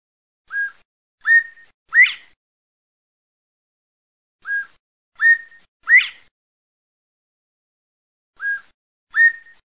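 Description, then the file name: Partridge whistled call: a three-note phrase of clear whistles, the last rising sharply, repeated about every four seconds against silence, the last phrase cut off after two notes. "PERDIZ"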